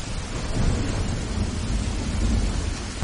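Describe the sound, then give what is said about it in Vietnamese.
A steady, dense roar of heavy rain driven by strong wind in a mountain forest, with a deep low rumble underneath and no pauses across the whole stretch. “không ngại mưa to gió lớn chạy vào rừng tìm.”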